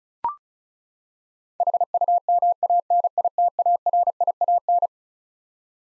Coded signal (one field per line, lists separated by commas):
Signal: Morse code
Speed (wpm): 36 wpm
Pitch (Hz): 700 Hz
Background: none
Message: HUMANITARIAN